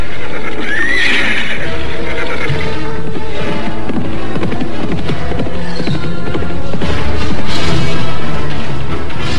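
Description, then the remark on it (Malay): A white horse, Tunggul, whinnies with a rising, high-pitched call near the start as it is brought to be ridden. Hooves clip-clop steadily underneath, and a dense, loud clatter of activity continues throughout. “Loh Barda kemudian memerintahkan Somar untuk mengambil kuda putih yang ternyata adalah si Tunggul untuk tunggangan Anting Wulan.”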